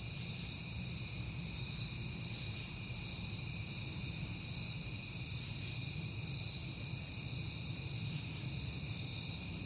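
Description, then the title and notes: Crickets chirping in an unbroken high chorus, with a steady low rumble beneath. At night in September, on a peaceful night. "Night Time: Crickets and Passing Cars. It is September and I have been hearing the crickets a lot"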